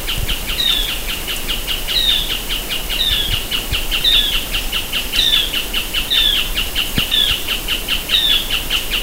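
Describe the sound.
Bird calls, thin high downward-sliding notes repeated about every second, over a steady rapid ticking rhythm and heavy hiss.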